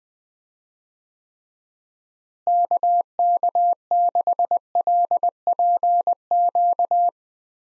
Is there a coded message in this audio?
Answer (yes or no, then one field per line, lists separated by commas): yes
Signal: Morse code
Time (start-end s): 2.5-7.1 s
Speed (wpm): 21 wpm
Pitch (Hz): 700 Hz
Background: none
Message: KK6LPQ